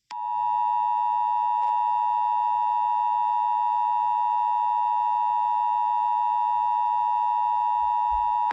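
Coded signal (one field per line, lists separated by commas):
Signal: Emergency Alert System (SAME) tones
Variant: 853 and 960 Hz attention tone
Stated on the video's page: Fictional scenario alert.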